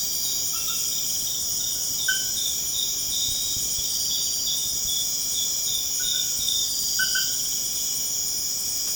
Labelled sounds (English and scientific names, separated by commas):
none